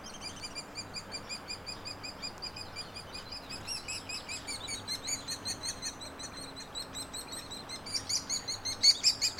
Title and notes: Hairy Woodpeckers, nestlings and adults no name trail across from Frazer Point Schoodic division, Acadia National Park